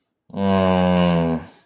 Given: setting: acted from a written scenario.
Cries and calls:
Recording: vocal sound without words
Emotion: distress

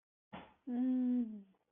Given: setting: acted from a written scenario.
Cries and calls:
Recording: vocal sound without words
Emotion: sympathy

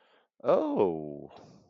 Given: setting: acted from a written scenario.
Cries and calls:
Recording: vocal sound without words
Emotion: interest

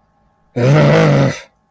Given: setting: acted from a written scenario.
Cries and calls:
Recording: vocal sound without words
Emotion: anger

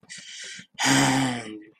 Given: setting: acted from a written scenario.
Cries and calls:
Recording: vocal sound without words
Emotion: anger

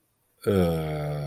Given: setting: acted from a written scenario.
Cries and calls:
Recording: vocal sound without words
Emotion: contempt

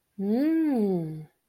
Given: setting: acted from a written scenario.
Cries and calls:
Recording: vocal sound without words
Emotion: desire

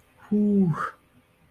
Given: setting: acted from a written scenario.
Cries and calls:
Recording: vocal sound without words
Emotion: ecstasy

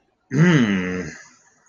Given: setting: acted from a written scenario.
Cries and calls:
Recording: vocal sound without words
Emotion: disgust

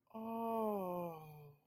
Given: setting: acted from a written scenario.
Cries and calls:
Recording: vocal sound without words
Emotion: awe

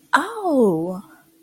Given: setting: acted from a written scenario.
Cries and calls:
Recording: vocal sound without words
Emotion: interest

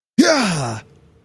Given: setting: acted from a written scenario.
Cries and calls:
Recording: vocal sound without words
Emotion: triumph

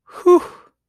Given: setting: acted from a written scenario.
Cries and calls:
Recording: vocal sound without words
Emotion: relief

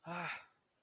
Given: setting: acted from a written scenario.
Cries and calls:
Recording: vocal sound without words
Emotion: negative surprise

